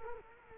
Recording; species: mosquito wingbeat signal from an infrared sensor; Culex quinquefasciatus